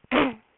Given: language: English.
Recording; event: throat vibration sensor signal played as sound; throat clearing